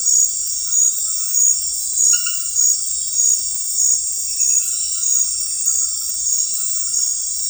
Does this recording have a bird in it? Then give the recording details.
no. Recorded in dense forest near Puerto Asís, Putumayo, Colombia, on 21 February 2024 at 00:30. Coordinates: 0.484, -76.317. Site G6464